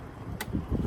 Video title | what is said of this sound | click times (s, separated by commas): Tesla Model X Refresh Road Trip 2k Miles Part 1 | heard it click | 0.4 s